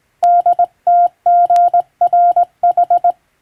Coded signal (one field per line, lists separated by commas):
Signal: Morse code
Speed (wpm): 20 wpm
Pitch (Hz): 700 Hz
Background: none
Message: DTGRH